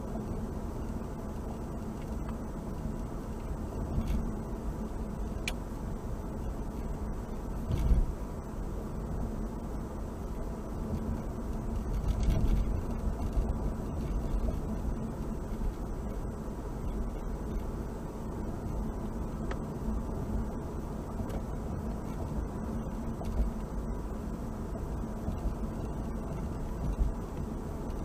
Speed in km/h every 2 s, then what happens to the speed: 63, 63, 63, 63, 63, 63, 63, 63, 63, 64, 64, 64, 63, 63.
0-28 steady at about 63.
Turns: none.